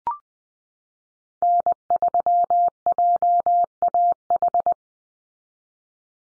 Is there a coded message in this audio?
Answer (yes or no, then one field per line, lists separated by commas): yes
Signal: Morse code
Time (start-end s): 1.4-4.7 s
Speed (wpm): 20 wpm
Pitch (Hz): 700 Hz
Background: none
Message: N3JAH